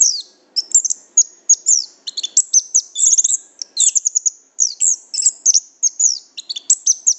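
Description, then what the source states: Lovebird chattering: rapid, shrill, high chirps and squeaky twitters in quick bursts, nearly continuous with brief pauses, no other sounds evident. Lovebird calls used as a lure to attract lovebirds.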